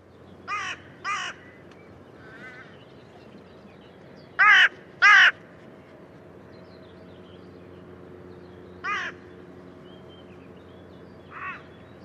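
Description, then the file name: Carrion crow cawing: harsh, grating caws, mostly given in pairs, with two loud ones in the middle and fainter single caws later. "Corvus corone"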